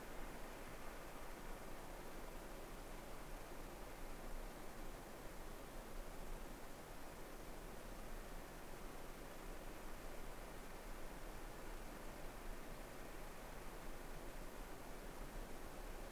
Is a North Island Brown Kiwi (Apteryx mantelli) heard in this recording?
no